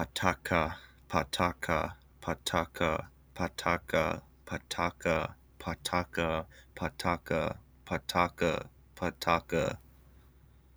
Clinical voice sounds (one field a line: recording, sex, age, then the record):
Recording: repeated syllables /pa ta ka/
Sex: male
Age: 20 to 29 years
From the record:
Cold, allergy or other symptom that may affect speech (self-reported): no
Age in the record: 24 years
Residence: Pennsylvania, United States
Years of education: 16